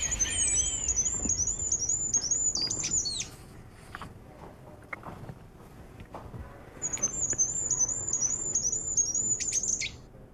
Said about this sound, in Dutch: Deze week gaan we in onze cursus Vogelzang op zoek naar Europa's kleinste vogel, de goudhaan. Vroeger wel bekend als het goudhaantje. Dit kleine mosgroene vogeltje is even zwaar als een speculaasje en heeft een felgele kruinstreep op zijn hoofd.